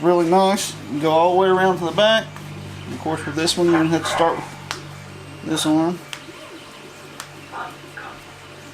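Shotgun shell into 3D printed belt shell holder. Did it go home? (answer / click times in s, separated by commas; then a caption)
yes / 7.2 s. A 12 gauge shotgun shell is pushed into a 3D printed plastic shell holder on a belt while someone talks over background music. Sharp ticks sound around 4.7 and 8.0 seconds, and the shell clicks into its loop with a short crisp snap at 7.2 seconds, seated.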